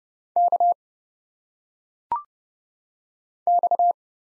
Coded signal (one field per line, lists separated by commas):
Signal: Morse code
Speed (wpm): 30 wpm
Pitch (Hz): 700 Hz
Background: none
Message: K X